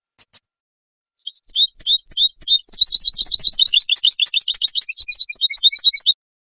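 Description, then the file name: European goldfinch song: two quick call notes, then a pause, then a rapid, jangling series of high twittered and tinkling notes lasting about five seconds. "audio burung goldfinch"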